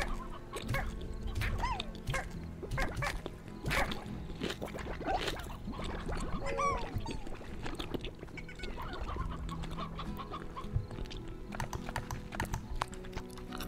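Gum chewing with a steady stream of wet smacks, clicks and squelches, several every second for the whole stretch. A few brief squeaky, rising tones cut through around the fourth and seventh seconds, over a constant low hum underneath.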